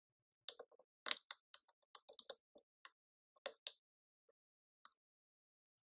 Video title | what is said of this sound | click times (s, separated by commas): Asus D553SA Disassembly CPU GPU Thermal Paste Replacement | Now you're gonna start pushing the corners down. You're gonna hear those clicking noise. | 0.5 s, 1.1 s, 1.2 s, 1.3 s, 2.3 s, 3.7 s